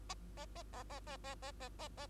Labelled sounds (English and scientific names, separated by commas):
Bengalese Finch (Lonchura striata domestica) song